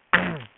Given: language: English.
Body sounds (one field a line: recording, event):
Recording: throat vibration sensor signal played as sound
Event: throat clearing